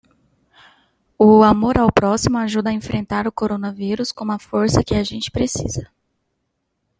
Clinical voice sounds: spoken sentence; Brazilian Portuguese; female; 20 to 29 years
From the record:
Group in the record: control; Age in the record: 21 years

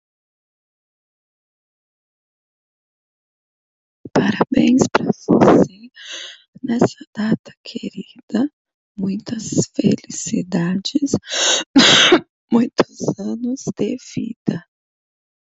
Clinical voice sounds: short text; Brazilian Portuguese; female; 30 to 39 years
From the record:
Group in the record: control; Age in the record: 35 years

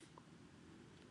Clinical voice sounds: spoken sentence; Brazilian Portuguese; female; 60 to 69 years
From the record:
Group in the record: control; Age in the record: 66 years

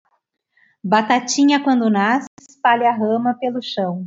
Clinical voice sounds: short text; Brazilian Portuguese; female; 50 to 59 years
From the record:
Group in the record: control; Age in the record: 52 years

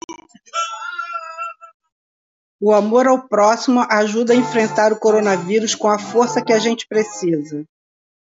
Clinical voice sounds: spoken sentence; Brazilian Portuguese; female; 60 to 69 years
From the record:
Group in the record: control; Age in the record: 60 years

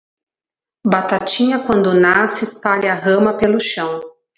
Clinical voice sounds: short text; Brazilian Portuguese; female; 40 to 49 years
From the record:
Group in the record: control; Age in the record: 44 years

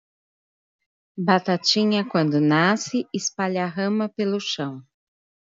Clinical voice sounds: short text; Brazilian Portuguese; female; 40 to 49 years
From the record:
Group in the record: control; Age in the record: 49 years

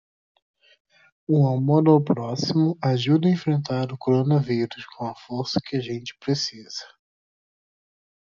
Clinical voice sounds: spoken sentence; Brazilian Portuguese; male; 20 to 29 years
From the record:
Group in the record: control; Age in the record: 25 years

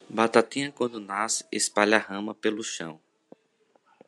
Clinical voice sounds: short text; Brazilian Portuguese; male; 40 to 49 years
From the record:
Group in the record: control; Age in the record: 42 years

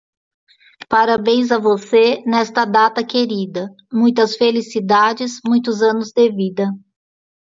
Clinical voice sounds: short text; Brazilian Portuguese; female; 40 to 49 years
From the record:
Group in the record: control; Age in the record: 44 years

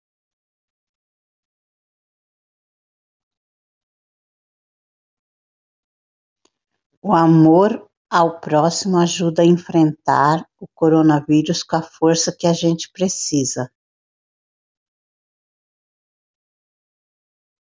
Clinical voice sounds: spoken sentence; Brazilian Portuguese; female; 60 to 69 years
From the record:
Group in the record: control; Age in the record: 60 years

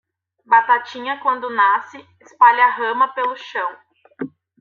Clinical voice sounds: short text; Brazilian Portuguese; female; 20 to 29 years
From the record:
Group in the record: control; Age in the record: 28 years

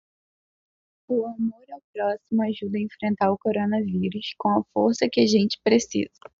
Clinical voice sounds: spoken sentence; Brazilian Portuguese; female; 20 to 29 years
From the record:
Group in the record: control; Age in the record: 20 years

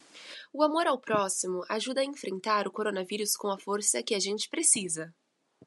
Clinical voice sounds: spoken sentence; Brazilian Portuguese; female; 20 to 29 years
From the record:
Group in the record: control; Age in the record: 23 years

